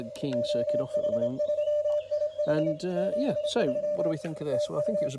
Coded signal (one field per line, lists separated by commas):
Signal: Morse code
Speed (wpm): 26 wpm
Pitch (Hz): 600 Hz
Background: speech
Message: OH3IH 73 TU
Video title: Xiegu X5105: A demonstration of the CW decode